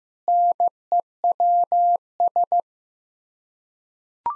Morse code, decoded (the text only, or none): NEWS